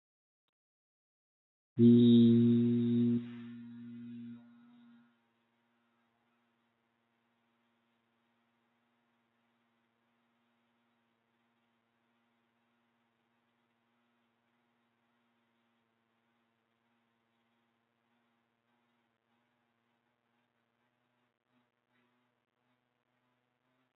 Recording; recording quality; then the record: sustained vowel as in beet; moderate, slight background noise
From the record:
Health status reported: healthy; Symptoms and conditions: none ticked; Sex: male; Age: 28 years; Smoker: yes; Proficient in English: yes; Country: India